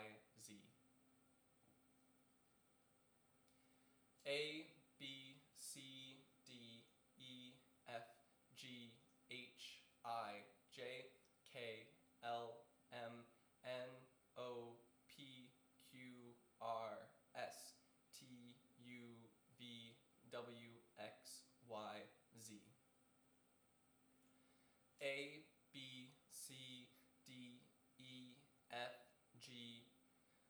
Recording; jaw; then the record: letters of the alphabet, spoken; free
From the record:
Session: seven days later